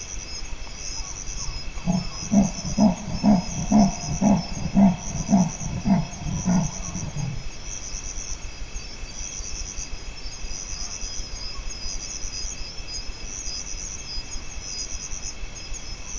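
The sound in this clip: Leopard rasping call: about ten deep, coarse grunts in a steady series over roughly five seconds, then stops, with a constant high insect chorus throughout.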